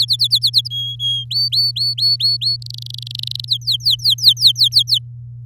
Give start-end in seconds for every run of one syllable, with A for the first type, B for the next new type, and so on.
0.00-0.68 A, 0.70-1.24 B, 1.31-2.56 C, 2.62-3.45 D, 3.48-4.99 E